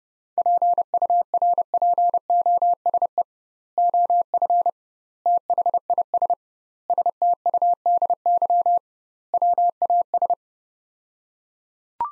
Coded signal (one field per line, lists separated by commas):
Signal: Morse code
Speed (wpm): 30 wpm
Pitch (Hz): 700 Hz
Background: none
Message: PURPOSE OF THIS STUDY WAS